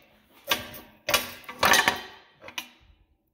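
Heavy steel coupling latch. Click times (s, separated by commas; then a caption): 1.9 s. Several sharp metal knocks sound from the locking jaw and release handle of a Holland fifth wheel on a truck coupling, with a click at 1.9 s. The fifth wheel was hit not square or not hard enough, so the jaw is not locked and the handle is not all the way in, even though it seems latched.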